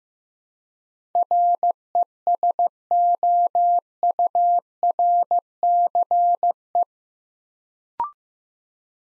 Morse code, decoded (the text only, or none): RESOURCE